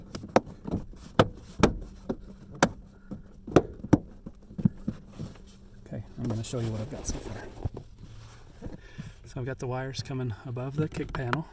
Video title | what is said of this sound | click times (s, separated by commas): Trailer Brake Controller on 2019 Toyota Sequoia - Unboxing & Installation | put this long piece of trim back on. It just pops right in place. | 0.4 s, 1.2 s, 1.6 s, 2.6 s, 3.6 s, 3.9 s